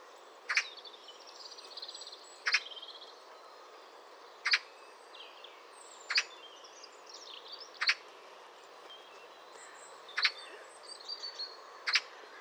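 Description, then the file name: Eurasian magpie uttering harsh, clipped single notes repeated roughly every two seconds, with faint twittering and steady hiss between them. "Pica pica"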